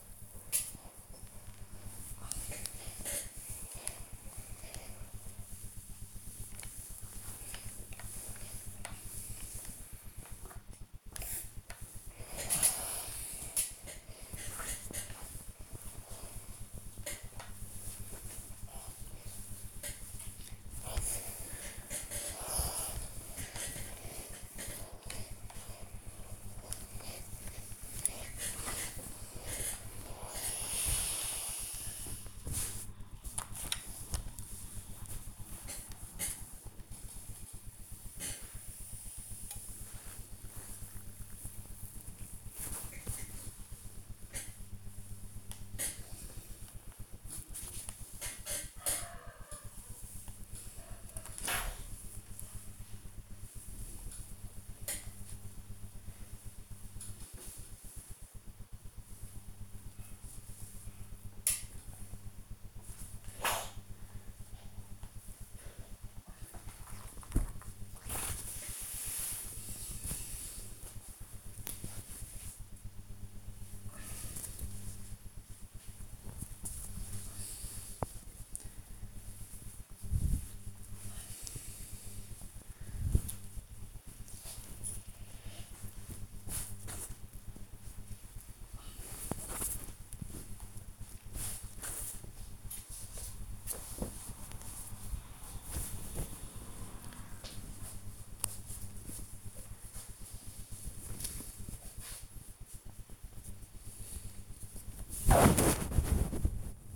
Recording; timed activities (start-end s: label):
household activities, microphone on the right wrist
0.00-96.65 s: ironing laundry